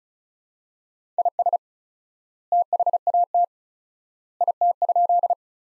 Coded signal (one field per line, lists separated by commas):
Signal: Morse code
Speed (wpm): 36 wpm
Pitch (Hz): 700 Hz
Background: none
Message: IS THAT IT?